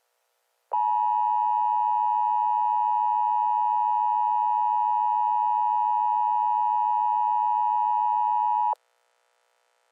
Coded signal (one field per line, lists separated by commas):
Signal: Emergency Alert System (SAME) tones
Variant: 853 and 960 Hz attention tone